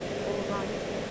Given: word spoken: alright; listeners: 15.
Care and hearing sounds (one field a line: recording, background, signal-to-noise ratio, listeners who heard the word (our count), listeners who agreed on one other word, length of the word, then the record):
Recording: one English word in noise, from a listening test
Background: speech-shaped noise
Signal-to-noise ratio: -4.6 dB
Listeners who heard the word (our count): 0 of 15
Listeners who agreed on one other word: 6 of 15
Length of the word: 0.71 s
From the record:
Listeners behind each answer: 6, 1, 1, 1, 1, 1, 1, 1, 1, 1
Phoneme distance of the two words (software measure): 14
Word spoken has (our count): 2 syllables, 5 phonemes, stress on syllable 2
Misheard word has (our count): 1 syllable, 3 phonemes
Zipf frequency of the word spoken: 3.93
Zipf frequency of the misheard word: 6.36